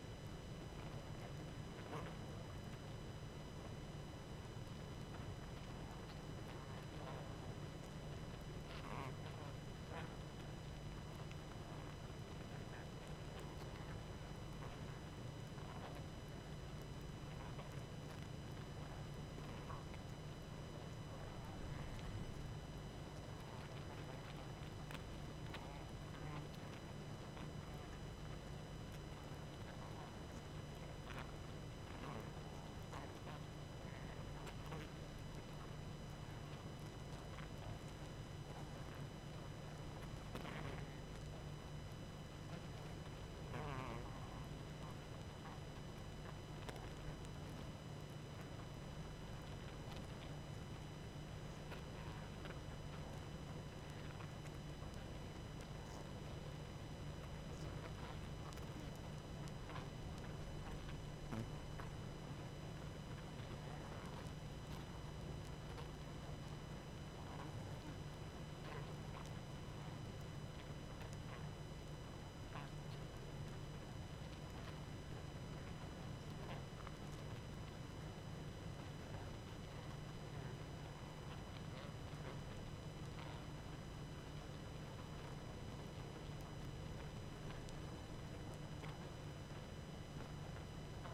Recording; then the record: honeybee colony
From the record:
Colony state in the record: active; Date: 12 June 2018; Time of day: 21:31